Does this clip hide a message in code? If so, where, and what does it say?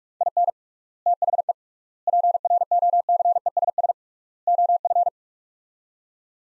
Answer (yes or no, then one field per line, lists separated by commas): yes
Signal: Morse code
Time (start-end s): 0.2-5.1 s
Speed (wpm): 46 wpm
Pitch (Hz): 700 Hz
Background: none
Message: IN THE PROCESS OF